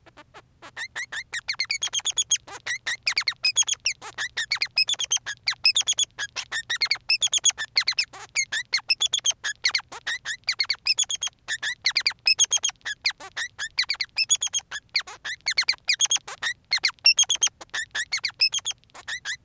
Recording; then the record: song of a male Bengalese finch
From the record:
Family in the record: son of father 3